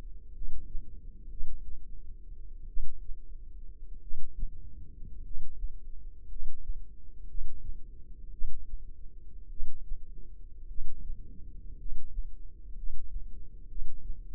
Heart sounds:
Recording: heart sounds by microphone in the left ear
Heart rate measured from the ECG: 54 bpm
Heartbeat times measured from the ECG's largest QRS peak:
0.32 s: heartbeat
1.28 s: heartbeat
2.66 s: heartbeat
3.99 s: heartbeat
5.21 s: heartbeat
6.26 s: heartbeat
7.25 s: heartbeat
8.30 s: heartbeat
9.48 s: heartbeat
10.66 s: heartbeat
11.76 s: heartbeat
12.73 s: heartbeat
13.66 s: heartbeat
From the record:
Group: healthy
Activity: rest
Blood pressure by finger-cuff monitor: 121/56 mmHg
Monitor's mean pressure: 76 mmHg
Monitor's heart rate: 58 bpm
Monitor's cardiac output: 5.8 L/min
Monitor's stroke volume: 100 mL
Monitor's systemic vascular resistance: 940 dyn s/cm5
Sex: male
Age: 25 years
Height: 170 cm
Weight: 70.4 kg

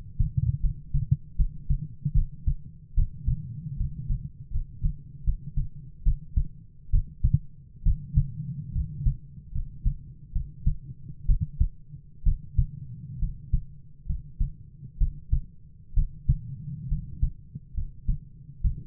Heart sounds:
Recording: heart sounds by stethoscope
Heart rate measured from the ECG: 70 bpm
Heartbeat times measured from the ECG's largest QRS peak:
0.60 s: heartbeat
1.36 s: heartbeat
2.13 s: heartbeat
2.94 s: heartbeat
3.76 s: heartbeat
4.50 s: heartbeat
5.23 s: heartbeat
6.03 s: heartbeat
6.90 s: heartbeat
7.82 s: heartbeat
8.72 s: heartbeat
9.51 s: heartbeat
10.32 s: heartbeat
11.25 s: heartbeat
12.23 s: heartbeat
13.18 s: heartbeat
14.05 s: heartbeat
14.97 s: heartbeat
15.93 s: heartbeat
16.87 s: heartbeat
17.73 s: heartbeat
18.60 s: heartbeat
From the record:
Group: healthy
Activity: rest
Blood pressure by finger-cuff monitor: 113/55 mmHg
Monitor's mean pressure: 66 mmHg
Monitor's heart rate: 74 bpm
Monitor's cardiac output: 8.4 L/min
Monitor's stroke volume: 116 mL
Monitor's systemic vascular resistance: 540 dyn s/cm5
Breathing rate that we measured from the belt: 14 breaths a minute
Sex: male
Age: 22 years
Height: 185 cm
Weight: 112.4 kg

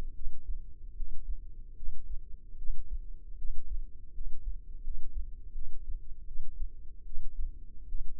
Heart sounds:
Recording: heart sounds by microphone in the left ear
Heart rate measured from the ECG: 78 bpm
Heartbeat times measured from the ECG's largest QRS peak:
0.13 s: heartbeat
0.94 s: heartbeat
1.74 s: heartbeat
2.56 s: heartbeat
3.36 s: heartbeat
4.12 s: heartbeat
4.82 s: heartbeat
5.53 s: heartbeat
6.25 s: heartbeat
7.04 s: heartbeat
7.86 s: heartbeat
From the record:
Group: healthy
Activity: rest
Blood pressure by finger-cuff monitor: 99/65 mmHg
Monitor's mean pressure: 76 mmHg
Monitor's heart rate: 76 bpm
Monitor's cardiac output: 6.1 L/min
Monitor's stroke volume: 79 mL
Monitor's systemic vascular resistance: 890 dyn s/cm5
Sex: female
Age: 19 years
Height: 163 cm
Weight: 48.9 kg

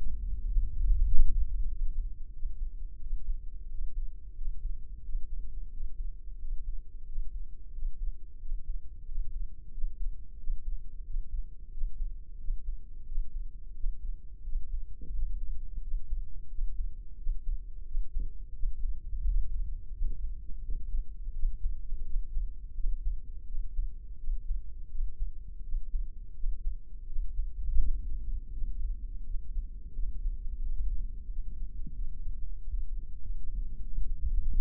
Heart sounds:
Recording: heart sounds by microphone in the left ear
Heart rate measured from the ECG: 88 bpm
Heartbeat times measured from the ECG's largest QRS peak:
0.48 s: heartbeat
1.10 s: heartbeat
1.71 s: heartbeat
2.35 s: heartbeat
3.03 s: heartbeat
3.71 s: heartbeat
4.37 s: heartbeat
5.05 s: heartbeat
5.72 s: heartbeat
6.40 s: heartbeat
7.08 s: heartbeat
7.74 s: heartbeat
8.41 s: heartbeat
9.07 s: heartbeat
9.74 s: heartbeat
10.39 s: heartbeat
11.06 s: heartbeat
11.73 s: heartbeat
12.40 s: heartbeat
13.08 s: heartbeat
13.76 s: heartbeat
14.45 s: heartbeat
15.15 s: heartbeat
15.84 s: heartbeat
16.51 s: heartbeat
17.19 s: heartbeat
17.87 s: heartbeat
18.56 s: heartbeat
19.26 s: heartbeat
19.95 s: heartbeat
20.65 s: heartbeat
21.36 s: heartbeat
22.07 s: heartbeat
22.77 s: heartbeat
23.49 s: heartbeat
24.21 s: heartbeat
24.92 s: heartbeat
25.65 s: heartbeat
26.37 s: heartbeat
27.09 s: heartbeat
27.82 s: heartbeat
28.54 s: heartbeat
29.27 s: heartbeat
29.96 s: heartbeat
30.65 s: heartbeat
31.32 s: heartbeat
31.97 s: heartbeat
32.61 s: heartbeat
33.23 s: heartbeat
33.83 s: heartbeat
34.41 s: heartbeat
From the record:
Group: healthy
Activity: breath hold 0-29 s, rest 29-35 s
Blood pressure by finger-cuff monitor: 134/76 mmHg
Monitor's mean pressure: 92 mmHg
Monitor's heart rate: 88 bpm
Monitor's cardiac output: 7.2 L/min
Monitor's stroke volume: 83 mL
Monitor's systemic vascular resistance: 930 dyn s/cm5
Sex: male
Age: 21 years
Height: 175 cm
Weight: 72.6 kg

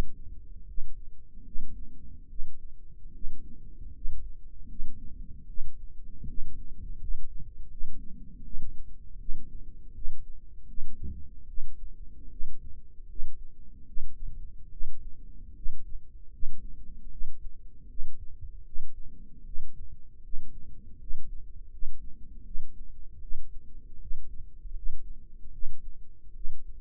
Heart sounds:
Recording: heart sounds by microphone in the right ear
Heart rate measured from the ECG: 77 bpm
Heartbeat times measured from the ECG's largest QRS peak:
0.66 s: heartbeat
1.44 s: heartbeat
2.29 s: heartbeat
3.13 s: heartbeat
3.93 s: heartbeat
4.68 s: heartbeat
5.47 s: heartbeat
6.27 s: heartbeat
6.99 s: heartbeat
7.69 s: heartbeat
8.44 s: heartbeat
9.19 s: heartbeat
9.93 s: heartbeat
10.67 s: heartbeat
11.47 s: heartbeat
12.30 s: heartbeat
13.07 s: heartbeat
13.86 s: heartbeat
14.71 s: heartbeat
15.54 s: heartbeat
16.31 s: heartbeat
17.10 s: heartbeat
17.88 s: heartbeat
18.64 s: heartbeat
19.44 s: heartbeat
20.22 s: heartbeat
20.98 s: heartbeat
21.70 s: heartbeat
22.44 s: heartbeat
23.21 s: heartbeat
23.99 s: heartbeat
24.74 s: heartbeat
25.52 s: heartbeat
26.34 s: heartbeat
From the record:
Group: healthy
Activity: rest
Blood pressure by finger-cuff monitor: 87/58 mmHg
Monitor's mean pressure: 66 mmHg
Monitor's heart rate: 77 bpm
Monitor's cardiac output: 5.9 L/min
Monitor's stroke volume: 77 mL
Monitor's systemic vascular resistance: 800 dyn s/cm5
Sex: female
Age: 22 years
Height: 163 cm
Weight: 67.1 kg

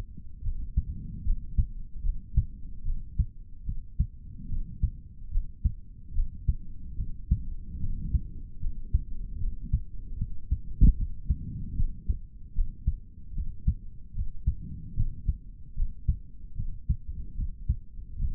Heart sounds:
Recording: heart sounds by stethoscope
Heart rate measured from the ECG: 74 bpm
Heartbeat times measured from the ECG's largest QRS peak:
0.42 s: heartbeat
1.23 s: heartbeat
2.02 s: heartbeat
2.83 s: heartbeat
3.64 s: heartbeat
4.48 s: heartbeat
5.30 s: heartbeat
6.13 s: heartbeat
6.96 s: heartbeat
7.79 s: heartbeat
8.60 s: heartbeat
9.38 s: heartbeat
10.17 s: heartbeat
10.95 s: heartbeat
11.75 s: heartbeat
12.53 s: heartbeat
13.33 s: heartbeat
14.13 s: heartbeat
14.95 s: heartbeat
15.75 s: heartbeat
16.55 s: heartbeat
17.35 s: heartbeat
18.17 s: heartbeat
From the record:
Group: healthy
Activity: rest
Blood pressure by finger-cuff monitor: 106/55 mmHg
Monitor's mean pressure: 80 mmHg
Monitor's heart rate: 75 bpm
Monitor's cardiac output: 4 L/min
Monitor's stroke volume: 53 mL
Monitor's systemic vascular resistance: 1320 dyn s/cm5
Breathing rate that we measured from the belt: 18 breaths a minute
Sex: male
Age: 55 years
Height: 167 cm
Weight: 57.2 kg

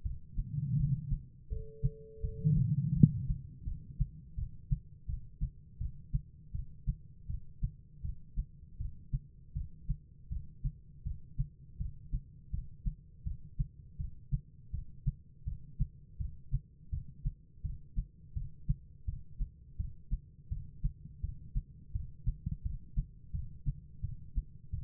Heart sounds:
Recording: heart sounds by stethoscope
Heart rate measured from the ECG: 83 bpm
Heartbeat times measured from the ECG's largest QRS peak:
0.03 s: heartbeat
0.77 s: heartbeat
1.49 s: heartbeat
2.21 s: heartbeat
2.94 s: heartbeat
3.64 s: heartbeat
4.36 s: heartbeat
5.06 s: heartbeat
5.78 s: heartbeat
6.52 s: heartbeat
7.27 s: heartbeat
8.02 s: heartbeat
8.78 s: heartbeat
9.54 s: heartbeat
10.29 s: heartbeat
11.04 s: heartbeat
11.78 s: heartbeat
12.51 s: heartbeat
13.24 s: heartbeat
13.97 s: heartbeat
14.71 s: heartbeat
15.45 s: heartbeat
16.18 s: heartbeat
16.90 s: heartbeat
17.62 s: heartbeat
18.34 s: heartbeat
19.06 s: heartbeat
19.77 s: heartbeat
20.49 s: heartbeat
21.21 s: heartbeat
21.93 s: heartbeat
22.63 s: heartbeat
23.32 s: heartbeat
24.01 s: heartbeat
24.71 s: heartbeat
From the record:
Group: healthy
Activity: rest 0-3 s, breath hold 3-25 s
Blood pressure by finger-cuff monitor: 140/92 mmHg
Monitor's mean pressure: 113 mmHg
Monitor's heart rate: 82 bpm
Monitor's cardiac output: 5.6 L/min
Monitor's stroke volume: 68 mL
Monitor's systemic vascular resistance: 1530 dyn s/cm5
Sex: female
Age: 51 years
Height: 162 cm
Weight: 70.04 kg

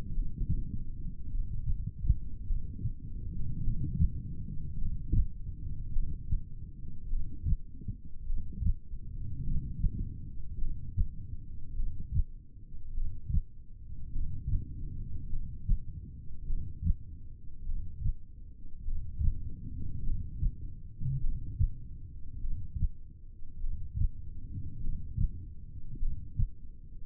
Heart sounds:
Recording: heart sounds by stethoscope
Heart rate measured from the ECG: 51 bpm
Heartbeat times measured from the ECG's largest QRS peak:
0.14 s: heartbeat
1.31 s: heartbeat
2.48 s: heartbeat
3.63 s: heartbeat
4.79 s: heartbeat
5.94 s: heartbeat
7.11 s: heartbeat
8.28 s: heartbeat
9.45 s: heartbeat
10.60 s: heartbeat
11.78 s: heartbeat
12.96 s: heartbeat
14.14 s: heartbeat
15.31 s: heartbeat
16.49 s: heartbeat
17.67 s: heartbeat
18.86 s: heartbeat
20.05 s: heartbeat
21.22 s: heartbeat
22.42 s: heartbeat
23.63 s: heartbeat
24.83 s: heartbeat
26.01 s: heartbeat
From the record:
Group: heart failure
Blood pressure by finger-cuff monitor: 113/63 mmHg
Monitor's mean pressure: 79 mmHg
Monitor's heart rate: 51 bpm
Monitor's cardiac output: 4.4 L/min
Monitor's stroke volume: 87 mL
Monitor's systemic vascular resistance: 1270 dyn s/cm5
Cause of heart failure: cardiac sarcoid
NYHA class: 1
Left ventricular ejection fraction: 39%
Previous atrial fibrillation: present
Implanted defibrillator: present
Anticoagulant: apixaban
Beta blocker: carvedilol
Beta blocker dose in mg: 50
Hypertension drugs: ramipril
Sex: male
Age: 79 years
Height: 184 cm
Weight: 92.5 kg

